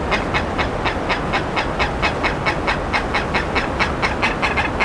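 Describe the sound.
Bird calls: short harsh notes, about two a second, in an uneven rhythm above a dense, steady background rumble and hiss.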